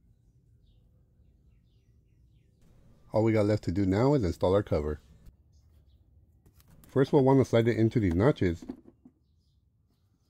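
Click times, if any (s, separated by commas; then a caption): none. A plastic air filter housing cover on a 2003–2007 Chevy Colorado or GMC Canyon engine air box is slid into its locating notches and lined up before its tabs are clipped. Someone talks in two stretches, with two faint short sounds at about 6.6 and 6.8 seconds between them. Nothing has clicked or seated yet.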